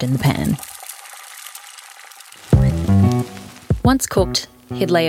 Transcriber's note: sounds of eggs scrambling in a bowl and frying up; bassline shifts, becomes bouncier and upbeat